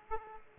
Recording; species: mosquito wingbeat signal from an infrared sensor; Aedes aegypti